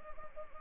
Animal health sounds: mosquito wingbeat signal from an infrared sensor; Anopheles arabiensis

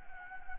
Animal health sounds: mosquito wingbeat signal from an infrared sensor; Anopheles gambiae

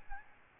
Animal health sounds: mosquito wingbeat signal from an infrared sensor; Aedes albopictus

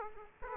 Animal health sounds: mosquito wingbeat signal from an infrared sensor; Aedes aegypti

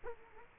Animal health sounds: mosquito wingbeat signal from an infrared sensor; Culex quinquefasciatus

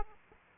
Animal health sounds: mosquito wingbeat signal from an infrared sensor; Aedes aegypti

